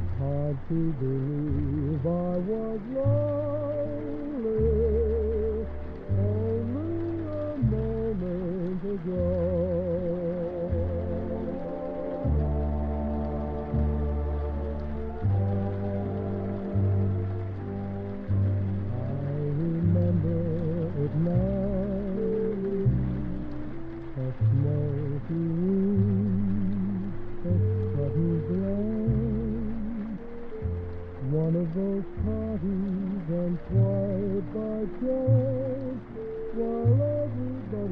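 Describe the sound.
Oldies music plays in another room, muffled so that mostly the low and middle parts come through. A steady bass line steps between notes on a regular beat under wavering vocal and melody lines, continuing without a break for the whole stretch.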